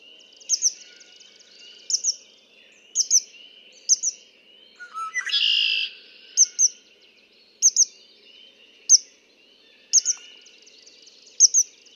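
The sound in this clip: A red-winged blackbird gives a single rasping, buzzy trill, while sharp doubled high notes repeat before and after.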